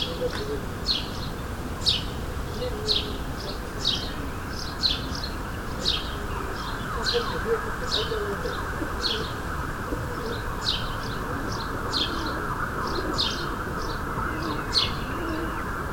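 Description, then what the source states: Sparrow chirps, sharp high notes in irregular bursts about once a second or faster, over a steady background hum. Sparrows recorded in suburban ambient surroundings, May 2022.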